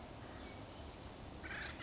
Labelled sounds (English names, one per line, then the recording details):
Acorn Woodpecker
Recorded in Sonoma County, California